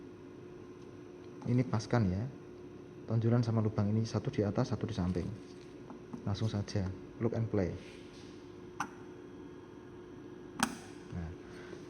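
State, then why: Seated. A plug-and-play component is lined up by its bumps and holes, one on top and one on the side, and pushed straight into its socket on a Drager anesthesia ventilator while someone talks. A sharp click at 10.6 s marks it seating; it is now connected and cannot be pulled off.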